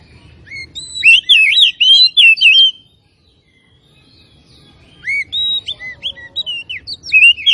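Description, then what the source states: Oriental magpie-robin singing loud, varied whistled phrases with swooping slurs, a burst of about two seconds, a pause, then another lively burst. Kacer from Tretes; described as gacor, singing continuously.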